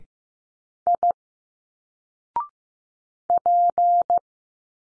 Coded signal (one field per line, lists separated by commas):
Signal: Morse code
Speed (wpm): 15 wpm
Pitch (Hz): 700 Hz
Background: none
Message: I P